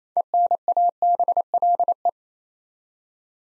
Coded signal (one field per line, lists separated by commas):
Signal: Morse code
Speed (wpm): 28 wpm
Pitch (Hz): 700 Hz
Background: none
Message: ENABLE